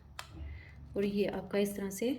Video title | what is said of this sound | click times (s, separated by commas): cordless portable vacuum cleaner review in urdu/hindi ,cheap price vacuum cleaner #cordlesscleaner | ये देखें, आप इसको जस्ट आपने यूँ क्लिक करना है, ये देखें, | 0.2 s